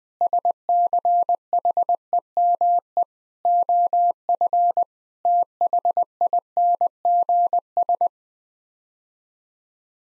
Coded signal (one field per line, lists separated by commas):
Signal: Morse code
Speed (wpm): 20 wpm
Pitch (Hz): 700 Hz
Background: none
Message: SCHEME OF THINGS